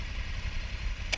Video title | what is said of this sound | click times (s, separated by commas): Honda 2020 AfricaTwin test ride | Push it down, you feel it lock in, makes a nice solid click. | 1.1 s